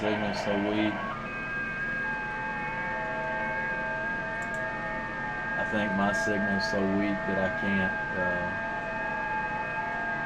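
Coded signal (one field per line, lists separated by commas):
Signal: FT8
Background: speech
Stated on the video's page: FT8 on 40 and 20 meters using WSJT-X.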